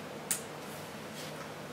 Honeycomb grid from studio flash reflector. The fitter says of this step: again just pops right back out and see when you when you take this apart